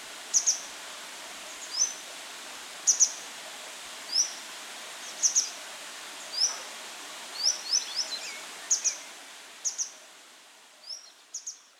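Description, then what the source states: Grey wagtail calling: sharp, high, metallic notes, often doubled, repeated irregularly against a quiet background. Recorded on 25 June 2018.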